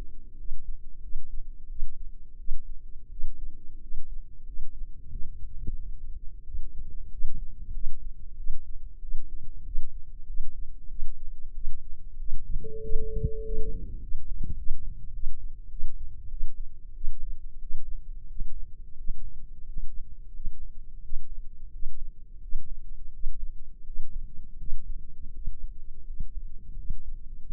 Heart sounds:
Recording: heart sounds by microphone in the left ear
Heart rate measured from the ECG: 91 bpm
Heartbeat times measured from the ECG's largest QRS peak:
0.36 s: heartbeat
1.00 s: heartbeat
1.67 s: heartbeat
2.37 s: heartbeat
3.09 s: heartbeat
3.79 s: heartbeat
4.44 s: heartbeat
5.10 s: heartbeat
5.76 s: heartbeat
6.44 s: heartbeat
7.10 s: heartbeat
7.72 s: heartbeat
8.36 s: heartbeat
9.00 s: heartbeat
9.64 s: heartbeat
10.26 s: heartbeat
10.88 s: heartbeat
11.53 s: heartbeat
12.17 s: heartbeat
12.81 s: heartbeat
13.43 s: heartbeat
14.00 s: heartbeat
14.56 s: heartbeat
15.12 s: heartbeat
15.69 s: heartbeat
16.29 s: heartbeat
16.93 s: heartbeat
17.59 s: heartbeat
18.27 s: heartbeat
18.96 s: heartbeat
19.64 s: heartbeat
20.32 s: heartbeat
21.01 s: heartbeat
21.71 s: heartbeat
22.40 s: heartbeat
23.12 s: heartbeat
23.84 s: heartbeat
24.58 s: heartbeat
25.32 s: heartbeat
26.05 s: heartbeat
26.76 s: heartbeat
27.45 s: heartbeat
From the record:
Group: healthy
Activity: rest 0-15 s, breath hold 15-28 s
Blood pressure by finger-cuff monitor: 118/66 mmHg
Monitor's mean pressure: 84 mmHg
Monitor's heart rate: 89 bpm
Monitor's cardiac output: 7.8 L/min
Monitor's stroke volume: 87 mL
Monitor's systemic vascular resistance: 790 dyn s/cm5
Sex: female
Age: 24 years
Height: 163 cm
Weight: 55.7 kg

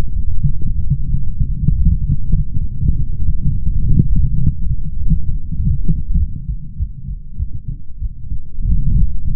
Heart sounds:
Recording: heart sounds by stethoscope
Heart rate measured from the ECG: 99 bpm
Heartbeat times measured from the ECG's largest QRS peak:
0.12 s: heartbeat
0.76 s: heartbeat
1.38 s: heartbeat
1.99 s: heartbeat
2.59 s: heartbeat
3.20 s: heartbeat
3.80 s: heartbeat
4.39 s: heartbeat
4.97 s: heartbeat
5.57 s: heartbeat
6.18 s: heartbeat
6.77 s: heartbeat
7.37 s: heartbeat
8.00 s: heartbeat
8.63 s: heartbeat
9.23 s: heartbeat
From the record:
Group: healthy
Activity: light exercise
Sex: male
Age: 20 years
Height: 187 cm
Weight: 68.9 kg

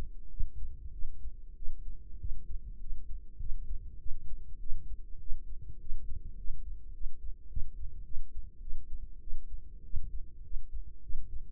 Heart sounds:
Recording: heart sounds by microphone in the right ear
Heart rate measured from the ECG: 101 bpm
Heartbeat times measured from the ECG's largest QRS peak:
0.29 s: heartbeat
0.92 s: heartbeat
1.55 s: heartbeat
2.18 s: heartbeat
2.79 s: heartbeat
3.38 s: heartbeat
3.98 s: heartbeat
4.59 s: heartbeat
5.19 s: heartbeat
5.78 s: heartbeat
6.36 s: heartbeat
6.92 s: heartbeat
7.48 s: heartbeat
8.04 s: heartbeat
8.60 s: heartbeat
9.20 s: heartbeat
9.83 s: heartbeat
10.42 s: heartbeat
11.01 s: heartbeat
From the record:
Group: healthy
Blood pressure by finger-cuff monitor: 110/67 mmHg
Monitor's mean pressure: 82 mmHg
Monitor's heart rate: 100 bpm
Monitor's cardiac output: 8.1 L/min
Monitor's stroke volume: 81 mL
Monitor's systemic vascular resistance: 740 dyn s/cm5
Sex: female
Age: 22 years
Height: 157 cm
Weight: 47.6 kg

